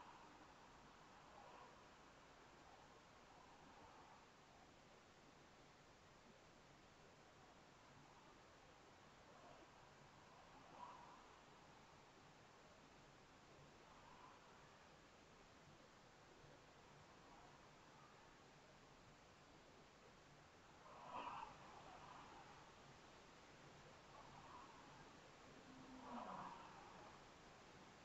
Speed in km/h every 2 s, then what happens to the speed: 11, 13, 13, 15, 16, 15, 18, 18, 16, 15, 15, 15, 16, 15.
0-28 steady at about 15.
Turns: none.